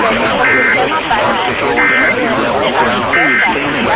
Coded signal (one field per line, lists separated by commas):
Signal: Emergency Alert System (SAME) tones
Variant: end-of-message bursts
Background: speech